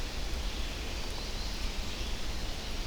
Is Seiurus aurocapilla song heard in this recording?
no